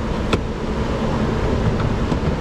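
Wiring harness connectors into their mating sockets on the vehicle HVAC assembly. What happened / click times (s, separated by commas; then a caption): The connector clicked home / 0.3 s. Two electrical wiring harness connectors are plugged back into their mating sockets on a vehicle's HVAC assembly during reassembly, near the evaporator. A sharp, distinct click at 0.3 s marks a connector seating, heard over a steady broadband background hum with a couple of fainter ticks later. The connector is seated.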